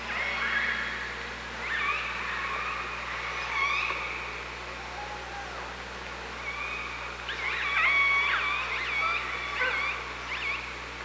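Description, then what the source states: Orca calls, a series of harmonic, swooping tones that rise and fall sharply, clustered near the start and again in a busy overlapping burst after seven seconds, over steady underwater hiss and hum. OrcaLab, 24 August 2017, 15:33.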